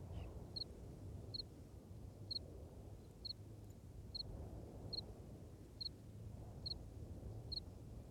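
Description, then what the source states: Cricket chirps ring out steadily, one every second or so, above a blustery low wind. Recorded in strong wind, with the cricket clearly marked.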